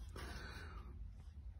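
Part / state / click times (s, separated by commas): shim into vending machine can column / not seated / none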